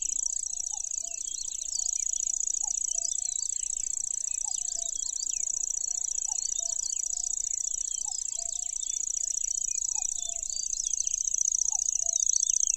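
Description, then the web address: Lanceolated warbler reeling song: a continuous, very high, insect-like trill running unbroken throughout, with scattered scratchy notes from other birds and soft, low repeated chirps beneath. "makinosennyu"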